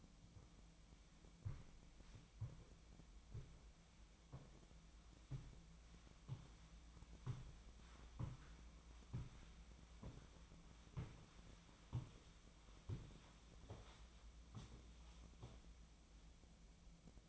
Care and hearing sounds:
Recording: daily activity, microphone in the room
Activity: walk to room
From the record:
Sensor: 1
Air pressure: 1010.1 hPa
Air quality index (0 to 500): 185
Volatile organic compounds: 16 ppm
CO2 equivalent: 2538 ppm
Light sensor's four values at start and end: 37/96/40/49 and 36/91/38/46

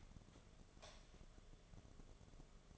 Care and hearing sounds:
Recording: daily activity, microphone in the room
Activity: light on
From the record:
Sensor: 4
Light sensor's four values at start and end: 155/403/171/177 and 155/405/171/178

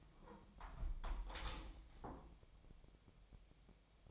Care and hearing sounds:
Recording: daily activity, microphone in the room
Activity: close window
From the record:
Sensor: 1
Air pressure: 1014.9 hPa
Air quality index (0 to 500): 30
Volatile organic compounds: 1 ppm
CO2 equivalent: 537 ppm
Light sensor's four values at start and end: 10/25/10/11 and 10/25/10/11

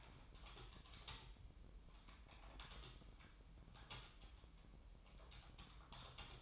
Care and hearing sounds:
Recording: daily activity, microphone in the room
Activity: typing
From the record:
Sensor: 1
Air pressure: 988.8 hPa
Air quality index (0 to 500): 204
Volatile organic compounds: 1000 ppm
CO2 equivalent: 5430 ppm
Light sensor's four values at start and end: 25/93/35/36 and 25/93/35/36

